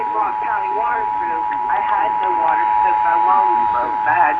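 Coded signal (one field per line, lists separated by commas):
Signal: Emergency Alert System (SAME) tones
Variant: 853 and 960 Hz attention tone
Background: speech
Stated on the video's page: Required monthly test received on broadcast radio in San Francisco.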